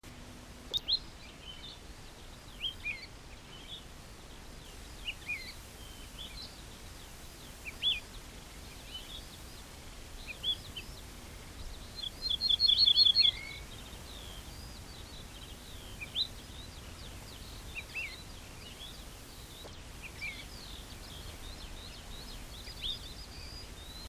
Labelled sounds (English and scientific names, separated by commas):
Wood Lark (Lullula arborea) call, Ortolan Bunting (Emberiza hortulana)